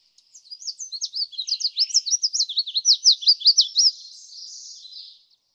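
Red-faced warbler singing one long, high, rapid phrase of sweet chipping notes that grows louder, then trails off into a faint buzz.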